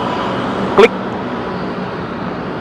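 A rider who had forgotten to fasten his helmet before riding off buckles the chin strap into its latch. A single sharp click at 0.8 s stands out above steady broadband background noise, and the buckle locks shut.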